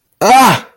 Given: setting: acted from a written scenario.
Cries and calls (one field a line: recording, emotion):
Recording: vocal sound without words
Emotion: pain